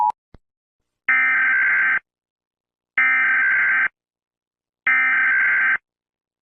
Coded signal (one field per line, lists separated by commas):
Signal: Emergency Alert System (SAME) tones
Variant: header bursts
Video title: End of the World - an EAS Scenario